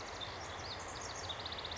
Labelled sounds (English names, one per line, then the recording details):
House Wren
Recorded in Sonoma County, California